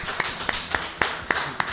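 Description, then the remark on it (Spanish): Brief applause: about six sharp, evenly spaced hand claps at a steady rhythm over a soft background hiss, with no talking. “Un aplauso, sí, señor.”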